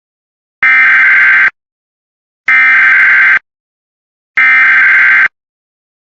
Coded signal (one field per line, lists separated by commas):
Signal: Emergency Alert System (SAME) tones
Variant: header bursts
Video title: EAS BLIZZAD WARNING FOR FREEBRON,MN